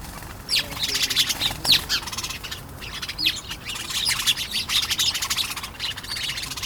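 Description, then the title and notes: Sparrows chattering in a dense, overlapping chorus of sharp chirps and squeaky notes, rising and falling in bursts throughout. Sparrows in their bush at bedtime, in a village in Veddelev, Denmark; recorded with Sony PCM-D100 internal mics. "Brovej, 4000 Veddelev, Denmark - Sparrow bush. Sparrows in their bush (bed time). Moineaux dans leur buisson (à l’heure du coucher)"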